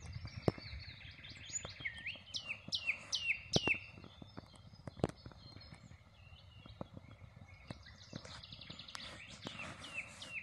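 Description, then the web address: Common nightingale song: rapidly repeated downslurred whistled notes in bursts, a pause, then another series of quick repeated notes; scattered sharp clicks. "rossignol ordinaire chant du rossignol"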